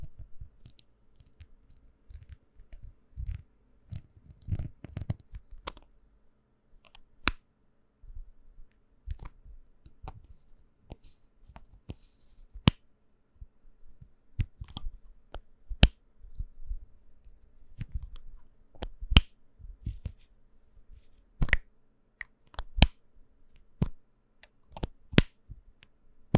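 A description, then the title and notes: Hand sounds, hair brushing and mouth sounds make up a steady run of small sharp clicks and snaps, scattered irregularly throughout. Soft low rubbing and brushing fills the gaps, heaviest in the first six seconds, while crisp tapping clicks stand out more later. Relaxing hands sounds and hair brushing and mouth sounds for sleep (no talking).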